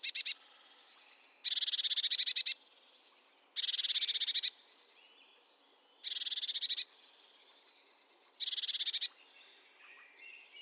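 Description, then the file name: Eurasian blue tit calling in five quick, rattling churr bursts, with faint thin high notes between them. "Cyanistes caeruleus"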